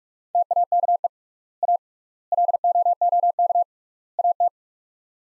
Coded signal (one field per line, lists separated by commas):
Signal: Morse code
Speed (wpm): 42 wpm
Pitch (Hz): 700 Hz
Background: none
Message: TAKE A LOOK AT